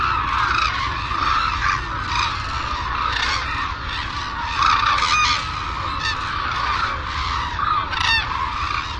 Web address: a group of white naped crane call